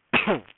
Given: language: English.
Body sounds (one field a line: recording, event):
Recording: throat vibration sensor signal played as sound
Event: cough